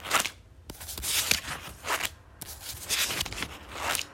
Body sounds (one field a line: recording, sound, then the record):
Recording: sound for misophonia research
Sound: flipping newspaper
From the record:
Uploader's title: turning pages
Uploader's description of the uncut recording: Flipping through book pages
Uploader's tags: pages, reading, mus152, newspaper, book, action, fast, flipping